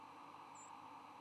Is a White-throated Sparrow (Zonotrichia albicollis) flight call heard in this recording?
yes